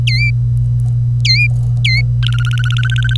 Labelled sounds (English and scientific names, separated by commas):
Domestic Canary (Serinus canaria) song